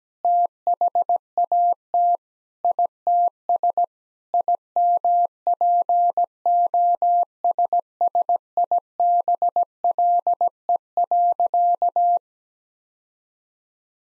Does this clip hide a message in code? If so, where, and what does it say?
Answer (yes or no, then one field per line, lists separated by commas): yes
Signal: Morse code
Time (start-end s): 0.2-12.2 s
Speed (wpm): 17 wpm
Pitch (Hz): 700 Hz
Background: none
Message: THAT ITS IMPOSSIBLE.